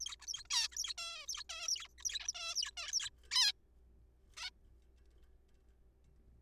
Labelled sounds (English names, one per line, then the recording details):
Zebra Finch
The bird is a juvenile
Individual R3428